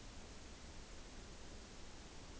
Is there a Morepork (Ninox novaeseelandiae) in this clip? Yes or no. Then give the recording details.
no. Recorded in New Zealand on 29 April 2014. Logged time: 02:19. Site Ponui